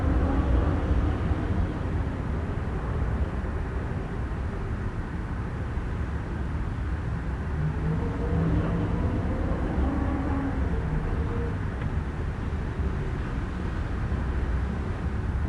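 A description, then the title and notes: Wind gusts over a busy downtown, a steady low rumble of street traffic with faint rising tones around eight to eleven seconds. Windy Night, Windy City. The normally ever-present hum of the busy downtown takes a backseat to gusts of wind howling past concrete and glass. The street traffic below starts to fade in a cadence similar to that of the passing gale.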